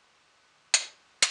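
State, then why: Torque reached. A click-type torque wrench set to 17 ft-lb is pulled on an exhaust header pipe bolt threaded into an aluminum cylinder head, torqued carefully to avoid stripping the threads. After a quiet stretch, two loud, sharp clicks ring out at 0.7 s and 1.2 s, the first trailing off in a brief metallic ring. The wrench has clicked at its setting, so the bolt has reached 17 ft-lb.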